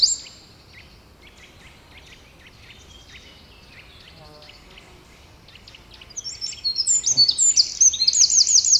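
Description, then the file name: Eurasian wren: faint high chips and notes for several seconds, then a loud, rapid, high-pitched trilling song bursts in near the end. "Troglodytes troglodytes"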